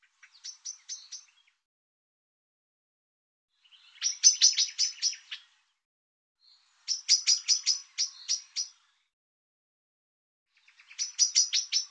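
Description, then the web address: Bird uttering quick bursts of thin, high chirps, several notes per burst, repeated roughly every three seconds against silence. Sound labelled "Tu Me Tu Me". "cianscape birddata Deverinetal 2025 Bird Tu Me Tu Me"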